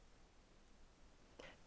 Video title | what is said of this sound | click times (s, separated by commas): 1-3 Nokia Microwave link Boards Installation on MSS4-8 | push the flash card until you hear a click | 1.4 s